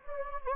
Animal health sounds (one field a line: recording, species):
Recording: mosquito wingbeat signal from an infrared sensor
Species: Anopheles gambiae